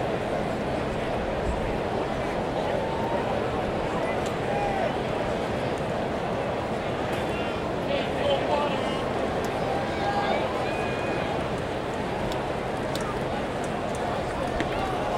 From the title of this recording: A Day at the Ballgame